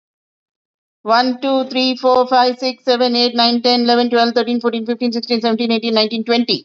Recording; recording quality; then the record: counting at a fast pace; excellent, no background noise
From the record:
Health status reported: healthy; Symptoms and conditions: none ticked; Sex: female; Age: 49 years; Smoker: not ticked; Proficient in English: yes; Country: India